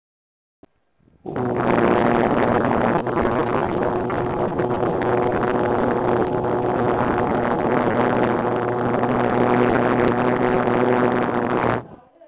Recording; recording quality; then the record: sustained vowel as in boot; excellent, no background noise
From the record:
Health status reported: healthy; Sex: male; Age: 32 years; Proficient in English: yes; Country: India